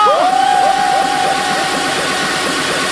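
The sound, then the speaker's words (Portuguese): A loud crowd of Super Pop fans shouts and cheers in a dense, continuous roar for about three seconds, with one high, steady whistle-like tone sounding through the first half. “E quem é do Super Pop pode dar um grito.”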